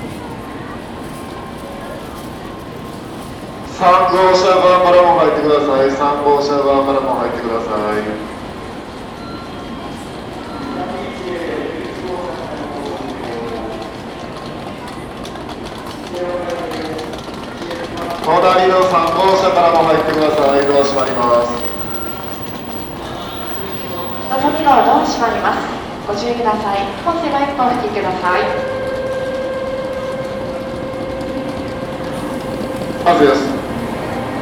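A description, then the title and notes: A train station platform with a steady low hum of machinery and crowd. Amplified announcements come in loud bursts near 4, 18 and 25 seconds. A held electronic tone sounds toward the end, with a faint high whine underneath throughout. Kyoto Station - Shinkansen Platforms. Sound recorded with Zoom H2N in 2 channel surround mode.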